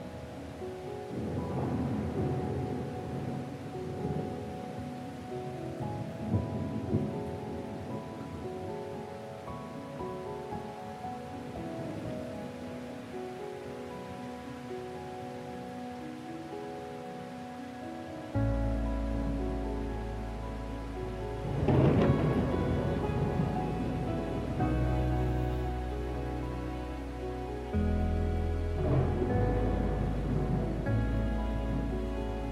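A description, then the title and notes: Gentle classical music with sustained tones plays over steady rain, while low thunder rumbles in from about eighteen seconds, swelling near twenty-two and thirty. Relaxing THUNDERSTORM and Gentle MUSIC. The comforting sounds of thunder and rain, accompanied by gentle classical music.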